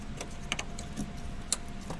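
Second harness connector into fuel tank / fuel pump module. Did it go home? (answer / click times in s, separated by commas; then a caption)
yes / 1.5 s. The second plastic electrical harness connector is pushed home onto the fuel pump module on the fuel tank. Faint ticks and handling taps come first, then it latches with a sharp click at 1.5 s, and the connector is seated.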